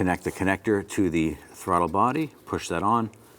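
An electrical connector is being pushed onto the throttle body socket of a 2015-2020 Cadillac Escalade during a throttle body assembly replacement. Someone talks throughout, and no distinct click stands out. Nothing has seated or clicked yet.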